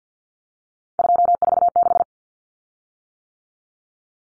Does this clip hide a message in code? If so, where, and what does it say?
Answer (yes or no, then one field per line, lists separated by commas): yes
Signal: Morse code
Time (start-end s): 1.0-2.0 s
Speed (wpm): 50 wpm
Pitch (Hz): 700 Hz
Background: none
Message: 246